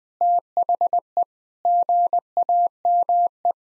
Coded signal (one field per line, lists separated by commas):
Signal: Morse code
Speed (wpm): 20 wpm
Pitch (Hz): 700 Hz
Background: none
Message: THE GAME